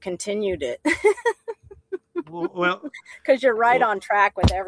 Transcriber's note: laughs